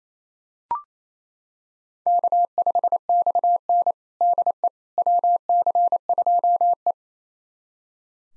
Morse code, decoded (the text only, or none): K5XN DE WC2E